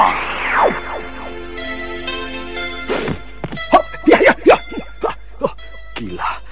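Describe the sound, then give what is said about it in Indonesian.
A rising, swishing whoosh of an arrow shot from ambush, narrowly missing a man, then a sharp thunk as it strikes, followed by a rapid cluster of loud wooden thwacks and knocks. “Hampir saja anak panah itu memanggang tubuhku.”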